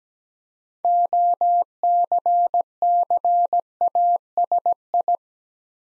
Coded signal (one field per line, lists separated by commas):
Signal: Morse code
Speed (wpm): 17 wpm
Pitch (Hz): 700 Hz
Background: none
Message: OCCASI